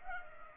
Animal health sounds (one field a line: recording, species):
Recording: mosquito wingbeat signal from an infrared sensor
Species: Culex pipiens